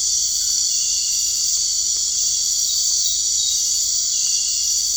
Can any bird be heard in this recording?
no